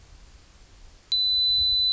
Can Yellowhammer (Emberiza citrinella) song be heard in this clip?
no